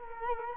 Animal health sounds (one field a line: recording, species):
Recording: mosquito wingbeat signal from an infrared sensor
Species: Culex quinquefasciatus